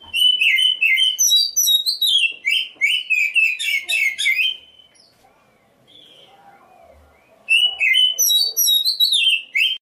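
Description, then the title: Oriental magpie-robin singing loud, fast, jumbled whistled phrases, falling quiet for a few seconds before a fresh burst of varied notes. Black-breasted form of the magpie-robin. "Kacer dada hitam"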